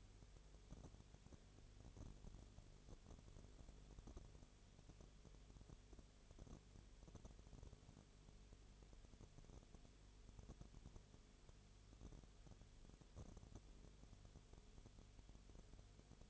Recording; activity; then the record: daily activity, microphone in the room; no activity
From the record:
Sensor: 4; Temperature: 22.0 degrees Celsius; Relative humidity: 29.5%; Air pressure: 1002.1 hPa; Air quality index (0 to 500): 59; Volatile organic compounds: 1 ppm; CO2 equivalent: 609 ppm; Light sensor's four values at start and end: 2/3/1/1 and 2/3/1/1